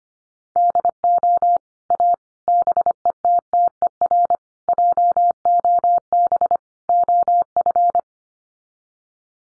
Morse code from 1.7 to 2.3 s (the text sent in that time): A